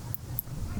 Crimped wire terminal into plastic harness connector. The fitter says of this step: and then once you hear the click it's in